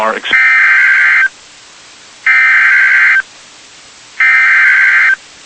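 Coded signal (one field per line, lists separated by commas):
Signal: Emergency Alert System (SAME) tones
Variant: header bursts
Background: speech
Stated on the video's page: EAS alerts from NOAA Weather Radio transmitters in Ohio.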